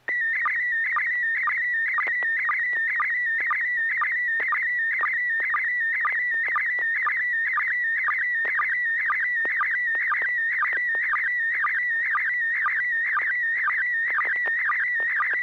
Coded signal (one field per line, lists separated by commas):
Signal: SSTV (slow-scan television)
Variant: PD 120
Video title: N6NA SSTV Net - 12/23/2020